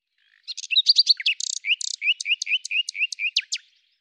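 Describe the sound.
Bird delivering one continuous three-second song of fast chirps, buzzy notes and a run of repeated downslurred whistles.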